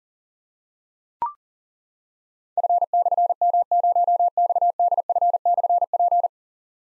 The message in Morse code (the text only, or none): F/M0XDF/P